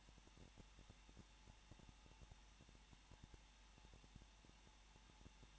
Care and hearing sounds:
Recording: daily activity, microphone in the room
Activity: no activity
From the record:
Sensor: 1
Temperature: 20.1 degrees Celsius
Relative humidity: 39.3%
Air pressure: 1006.4 hPa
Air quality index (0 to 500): 218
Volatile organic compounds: 79 ppm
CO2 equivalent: 3603 ppm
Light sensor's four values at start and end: 1/2/1/1 and 1/2/1/1

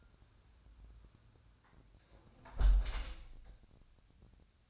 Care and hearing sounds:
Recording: daily activity, microphone in the room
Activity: close window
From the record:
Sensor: 2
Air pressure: 1006.3 hPa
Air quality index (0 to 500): 186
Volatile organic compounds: 11 ppm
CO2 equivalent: 2265 ppm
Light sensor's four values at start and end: 9/21/9/9 and 8/20/8/8

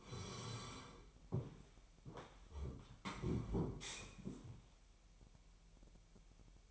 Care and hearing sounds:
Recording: daily activity, microphone in the room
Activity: sit down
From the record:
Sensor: 1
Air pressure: 998.5 hPa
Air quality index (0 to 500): 122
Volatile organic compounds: 3 ppm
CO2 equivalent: 1450 ppm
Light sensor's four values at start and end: 9/22/9/10 and 9/22/9/11

